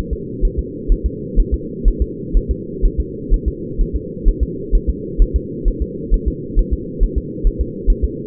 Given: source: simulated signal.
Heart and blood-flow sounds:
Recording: fetal heart sounds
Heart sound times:
0.13 s: S2
0.45 s: S1
0.59 s: S2
0.92 s: S1
1.06 s: S2
1.40 s: S1
1.54 s: S2
1.88 s: S1
2.02 s: S2
2.37 s: S1
2.51 s: S2
2.85 s: S1
3.00 s: S2
3.34 s: S1
3.48 s: S2
3.81 s: S1
3.96 s: S2
4.28 s: S1
4.43 s: S2
4.75 s: S1
4.90 s: S2
5.22 s: S1
5.36 s: S2
5.68 s: S1
5.82 s: S2
6.14 s: S1
6.28 s: S2
6.59 s: S1
6.73 s: S2
7.03 s: S1
7.18 s: S2
7.47 s: S1
7.61 s: S2
7.90 s: S1
8.04 s: S2
From the record:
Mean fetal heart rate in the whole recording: 130 bpm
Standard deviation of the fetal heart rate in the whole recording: 4 bpm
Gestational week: 38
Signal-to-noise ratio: -4.1 dB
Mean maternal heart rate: no maternal heart sound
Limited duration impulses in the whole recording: absent

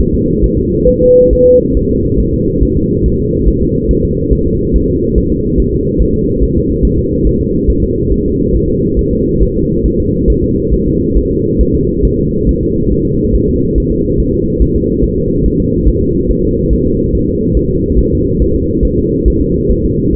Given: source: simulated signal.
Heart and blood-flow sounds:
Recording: fetal heart sounds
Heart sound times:
0.01 s: S1
0.15 s: S2
0.44 s: S1
0.58 s: S2
0.89 s: S1
1.03 s: S2
1.33 s: S1
1.47 s: S2
1.77 s: S1
1.91 s: S2
2.20 s: S1
2.34 s: S2
2.63 s: S1
2.77 s: S2
3.06 s: S1
3.20 s: S2
3.48 s: S1
3.62 s: S2
3.91 s: S1
4.05 s: S2
4.33 s: S1
4.47 s: S2
4.76 s: S1
4.90 s: S2
5.18 s: S1
5.32 s: S2
5.60 s: S1
5.74 s: S2
6.02 s: S1
6.16 s: S2
6.43 s: S1
6.57 s: S2
6.85 s: S1
6.99 s: S2
7.27 s: S1
7.41 s: S2
7.70 s: S1
7.84 s: S2
8.12 s: S1
8.26 s: S2
8.55 s: S1
8.70 s: S2
8.99 s: S1
9.13 s: S2
9.43 s: S1
9.57 s: S2
9.86 s: S1
10.00 s: S2
10.30 s: S1
10.44 s: S2
10.74 s: S1
10.88 s: S2
11.18 s: S1
11.32 s: S2
11.61 s: S1
11.75 s: S2
12.05 s: S1
12.19 s: S2
12.49 s: S1
12.63 s: S2
12.92 s: S1
13.06 s: S2
13.35 s: S1
13.49 s: S2
13.78 s: S1
13.92 s: S2
14.20 s: S1
14.34 s: S2
14.62 s: S1
14.76 s: S2
15.04 s: S1
15.18 s: S2
15.46 s: S1
15.60 s: S2
15.88 s: S1
16.02 s: S2
16.31 s: S1
16.45 s: S2
16.73 s: S1
16.87 s: S2
17.15 s: S1
17.29 s: S2
17.57 s: S1
17.71 s: S2
17.99 s: S1
18.13 s: S2
18.42 s: S1
18.56 s: S2
18.85 s: S1
18.99 s: S2
19.28 s: S1
19.42 s: S2
19.71 s: S1
19.85 s: S2
20.15 s: S1
From the record:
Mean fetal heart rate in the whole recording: 140 bpm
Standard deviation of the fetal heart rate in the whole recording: 2 bpm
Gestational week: 34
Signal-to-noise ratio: -14.7 dB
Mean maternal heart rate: 72 bpm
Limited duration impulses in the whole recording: present

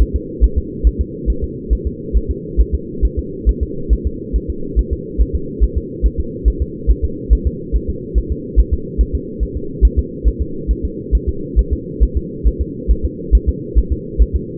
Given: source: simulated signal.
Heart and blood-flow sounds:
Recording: fetal heart sounds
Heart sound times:
0.02 s: S1
0.16 s: S2
0.44 s: S1
0.58 s: S2
0.87 s: S1
1.01 s: S2
1.30 s: S1
1.44 s: S2
1.73 s: S1
1.87 s: S2
2.17 s: S1
2.31 s: S2
2.61 s: S1
2.75 s: S2
3.05 s: S1
3.19 s: S2
3.49 s: S1
3.63 s: S2
3.93 s: S1
4.07 s: S2
4.36 s: S1
4.50 s: S2
4.79 s: S1
4.93 s: S2
5.21 s: S1
5.35 s: S2
5.64 s: S1
5.78 s: S2
6.06 s: S1
6.20 s: S2
6.48 s: S1
6.62 s: S2
6.91 s: S1
7.05 s: S2
7.33 s: S1
7.47 s: S2
7.76 s: S1
7.90 s: S2
8.18 s: S1
8.32 s: S2
8.60 s: S1
8.74 s: S2
9.01 s: S1
9.15 s: S2
9.43 s: S1
9.57 s: S2
9.85 s: S1
9.99 s: S2
10.28 s: S1
10.42 s: S2
10.71 s: S1
10.85 s: S2
11.15 s: S1
11.29 s: S2
11.59 s: S1
11.73 s: S2
12.03 s: S1
12.17 s: S2
12.47 s: S1
12.62 s: S2
12.91 s: S1
13.05 s: S2
13.35 s: S1
13.49 s: S2
13.78 s: S1
13.92 s: S2
14.22 s: S1
14.36 s: S2
From the record:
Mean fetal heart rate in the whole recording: 140 bpm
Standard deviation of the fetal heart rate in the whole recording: 2 bpm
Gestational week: 34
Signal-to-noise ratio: -4.3 dB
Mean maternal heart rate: 72 bpm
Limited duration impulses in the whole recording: absent

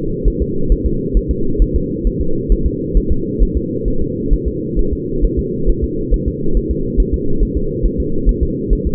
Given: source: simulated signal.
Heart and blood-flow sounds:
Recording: fetal heart sounds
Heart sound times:
0.28 s: S1
0.42 s: S2
0.72 s: S1
0.86 s: S2
1.17 s: S1
1.31 s: S2
1.62 s: S1
1.76 s: S2
2.07 s: S1
2.21 s: S2
2.52 s: S1
2.66 s: S2
2.97 s: S1
3.12 s: S2
3.43 s: S1
3.57 s: S2
3.88 s: S1
4.02 s: S2
4.33 s: S1
4.48 s: S2
4.79 s: S1
4.93 s: S2
5.25 s: S1
5.39 s: S2
5.69 s: S1
5.84 s: S2
6.14 s: S1
6.28 s: S2
6.57 s: S1
6.71 s: S2
7.00 s: S1
7.14 s: S2
7.43 s: S1
7.57 s: S2
7.86 s: S1
8.00 s: S2
8.29 s: S1
8.43 s: S2
8.73 s: S1
8.87 s: S2
From the record:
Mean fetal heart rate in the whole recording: 135 bpm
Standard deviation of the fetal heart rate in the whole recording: 3 bpm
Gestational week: 36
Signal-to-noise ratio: -8.1 dB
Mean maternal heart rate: 72 bpm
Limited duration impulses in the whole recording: absent

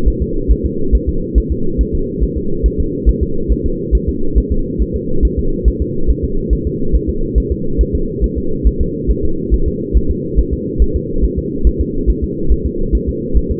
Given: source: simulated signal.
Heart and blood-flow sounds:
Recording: fetal heart sounds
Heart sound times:
0.08 s: S1
0.22 s: S2
0.52 s: S1
0.66 s: S2
0.95 s: S1
1.09 s: S2
1.38 s: S1
1.52 s: S2
1.81 s: S1
1.95 s: S2
2.23 s: S1
2.38 s: S2
2.66 s: S1
2.80 s: S2
3.09 s: S1
3.23 s: S2
3.52 s: S1
3.66 s: S2
3.95 s: S1
4.09 s: S2
4.38 s: S1
4.52 s: S2
4.82 s: S1
4.96 s: S2
5.25 s: S1
5.39 s: S2
5.68 s: S1
5.82 s: S2
6.10 s: S1
6.25 s: S2
6.53 s: S1
6.67 s: S2
6.95 s: S1
7.09 s: S2
7.38 s: S1
7.52 s: S2
7.81 s: S1
7.95 s: S2
8.24 s: S1
8.38 s: S2
8.67 s: S1
8.81 s: S2
9.11 s: S1
9.25 s: S2
9.54 s: S1
9.68 s: S2
9.97 s: S1
10.11 s: S2
10.39 s: S1
10.53 s: S2
10.82 s: S1
10.96 s: S2
11.25 s: S1
11.39 s: S2
11.67 s: S1
11.81 s: S2
12.10 s: S1
12.24 s: S2
12.52 s: S1
12.66 s: S2
12.95 s: S1
13.09 s: S2
13.37 s: S1
13.52 s: S2
From the record:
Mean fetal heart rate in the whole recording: 140 bpm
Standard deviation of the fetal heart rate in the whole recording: 2 bpm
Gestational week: 34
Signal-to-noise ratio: -8.1 dB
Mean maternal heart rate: 72 bpm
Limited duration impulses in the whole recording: absent

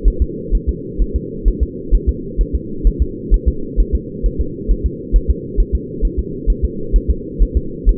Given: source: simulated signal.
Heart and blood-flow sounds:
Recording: fetal heart sounds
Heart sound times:
0.08 s: S1
0.22 s: S2
0.55 s: S1
0.69 s: S2
1.02 s: S1
1.16 s: S2
1.48 s: S1
1.63 s: S2
1.94 s: S1
2.09 s: S2
2.41 s: S1
2.55 s: S2
2.87 s: S1
3.02 s: S2
3.34 s: S1
3.48 s: S2
3.80 s: S1
3.95 s: S2
4.26 s: S1
4.41 s: S2
4.71 s: S1
4.86 s: S2
5.16 s: S1
5.30 s: S2
5.60 s: S1
5.75 s: S2
6.05 s: S1
6.19 s: S2
6.50 s: S1
6.64 s: S2
6.96 s: S1
7.10 s: S2
7.42 s: S1
7.57 s: S2
7.89 s: S1
From the record:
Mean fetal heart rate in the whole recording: 130 bpm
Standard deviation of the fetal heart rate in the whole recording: 2 bpm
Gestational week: 36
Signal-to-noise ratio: -4.3 dB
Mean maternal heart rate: 72 bpm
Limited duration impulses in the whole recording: absent

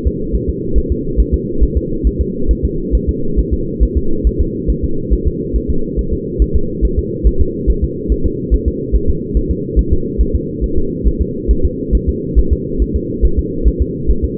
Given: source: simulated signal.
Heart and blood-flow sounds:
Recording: fetal heart sounds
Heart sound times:
0.07 s: S2
0.35 s: S1
0.50 s: S2
0.78 s: S1
0.92 s: S2
1.20 s: S1
1.34 s: S2
1.63 s: S1
1.77 s: S2
2.07 s: S1
2.21 s: S2
2.51 s: S1
2.65 s: S2
2.95 s: S1
3.09 s: S2
3.39 s: S1
3.53 s: S2
3.83 s: S1
3.97 s: S2
4.27 s: S1
4.41 s: S2
4.70 s: S1
4.84 s: S2
5.13 s: S1
5.27 s: S2
5.56 s: S1
5.70 s: S2
5.99 s: S1
6.13 s: S2
6.42 s: S1
6.56 s: S2
6.85 s: S1
6.99 s: S2
7.27 s: S1
7.41 s: S2
7.70 s: S1
7.84 s: S2
8.12 s: S1
8.26 s: S2
8.54 s: S1
8.68 s: S2
8.96 s: S1
9.09 s: S2
9.37 s: S1
9.51 s: S2
9.79 s: S1
9.93 s: S2
10.21 s: S1
10.35 s: S2
10.64 s: S1
10.78 s: S2
11.07 s: S1
11.22 s: S2
11.51 s: S1
11.65 s: S2
11.95 s: S1
12.09 s: S2
12.39 s: S1
12.53 s: S2
12.82 s: S1
12.96 s: S2
13.25 s: S1
13.39 s: S2
13.68 s: S1
13.82 s: S2
14.10 s: S1
14.25 s: S2
From the record:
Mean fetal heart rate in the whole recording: 140 bpm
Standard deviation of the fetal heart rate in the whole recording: 2 bpm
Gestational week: 34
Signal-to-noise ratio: -8.1 dB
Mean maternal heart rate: 72 bpm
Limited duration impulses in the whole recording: absent

